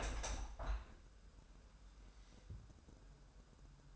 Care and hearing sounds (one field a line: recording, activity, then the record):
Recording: daily activity, microphone in the room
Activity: open window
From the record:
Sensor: 2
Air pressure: 1000.1 hPa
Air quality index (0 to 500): 242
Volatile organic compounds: 84 ppm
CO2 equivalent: 3636 ppm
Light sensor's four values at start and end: 8/20/8/8 and 9/21/8/8